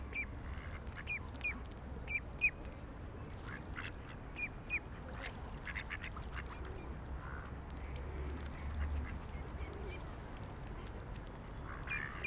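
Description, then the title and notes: Ducks quacking in short nasal bursts, a few clustered early then scattered, over a low steady rumble of background noise. Several ducks on a lake in a park in Vienna, being given food by people. "Patos Viena. Este es el momento en el cual en un parque de Viena damos comida a unos patos que encontramos en un lago"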